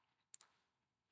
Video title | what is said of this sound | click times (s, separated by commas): Episode 4: How does the installation of the new device work? | The keyed connector prevents incorrect insertion, and you can push it in until it clicks and tighten the locking screws. | 0.3 s, 0.4 s